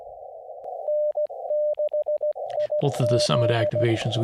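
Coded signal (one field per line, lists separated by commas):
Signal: Morse code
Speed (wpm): 17 wpm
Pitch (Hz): 600 Hz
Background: speech, radio noise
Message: N6IZ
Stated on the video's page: CW during a Summits on the Air activation in southeastern Washington.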